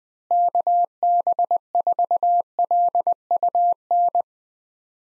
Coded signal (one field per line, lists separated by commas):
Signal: Morse code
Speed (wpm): 20 wpm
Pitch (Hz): 700 Hz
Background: none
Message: KB4LUN